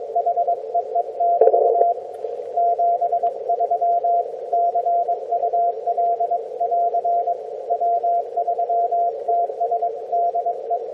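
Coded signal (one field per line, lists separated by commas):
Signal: Morse code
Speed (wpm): 21 wpm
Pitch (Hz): 690 Hz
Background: none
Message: HEE <BT> 73 CUL <AR> W3TS DE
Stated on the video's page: Heard on a homebrew LowFER mobile receiver with an active whip antenna, mobile, on a cold, quiet band.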